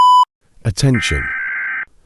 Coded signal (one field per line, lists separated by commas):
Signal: Emergency Alert System (SAME) tones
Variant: header bursts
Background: speech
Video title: EAS Scenario: Chapter 4